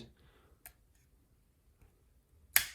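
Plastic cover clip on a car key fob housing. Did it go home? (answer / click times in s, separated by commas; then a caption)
released / 2.6 s. A small screwdriver gently pries along the edge of the plastic cover on a Mazda 3 / CX-30 car key fob to replace its battery, with light scraping and a faint tick at about 0.7 s. A sharp click at 2.6 s marks the cover's clip releasing and the cover coming open.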